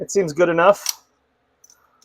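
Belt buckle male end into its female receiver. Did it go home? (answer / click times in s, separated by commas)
yes / 1.6 s, 1.7 s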